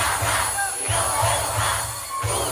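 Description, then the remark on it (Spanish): A large crowd at a live concert shouts and chants together, loud and sustained throughout, with a steady pulsing low rumble beneath the roar of voices. “¡Más fuerte! Eso grita el país, che.”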